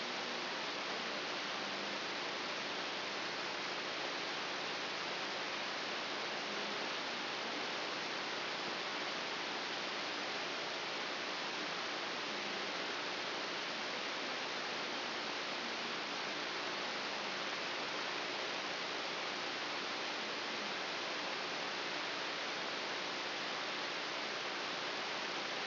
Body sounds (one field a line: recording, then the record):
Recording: brain microelectrode recording played as sound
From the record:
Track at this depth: inside the subthalamic nucleus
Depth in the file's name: 4.801 mm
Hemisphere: right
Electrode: 3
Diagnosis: Parkinson's disease